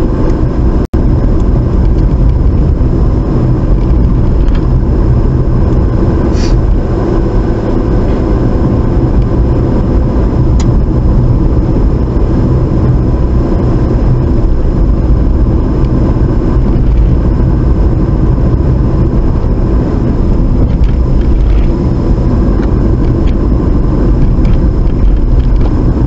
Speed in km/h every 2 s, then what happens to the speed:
42, 42, 42, 44, 44, 42, 40, 40, 40, 42, 37, 39, 39.
0-26 steady at about 42.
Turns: none.